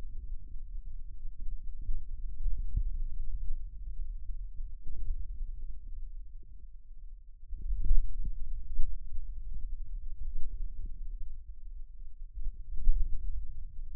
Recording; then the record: forearm muscle sounds (acoustic myography)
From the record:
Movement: hand closing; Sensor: system 2, bracelet of six BSWA MPA416 microphones around the upper forearm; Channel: 1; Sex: male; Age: 22 years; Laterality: right